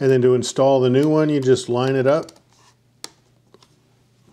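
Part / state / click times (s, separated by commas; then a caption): replacement eye cup onto mirrorless camera viewfinder / seated / 3.0 s. A new, deeper rubber and plastic eye cup is lined up on the viewfinder rails of a Fujifilm X-T5 mirrorless camera and pushed down until it snaps into place. Someone talks for the first two seconds, then after a quiet pause one sharp, short click sounds at 3.0 s, followed by a few faint ticks. The eye cup is seated.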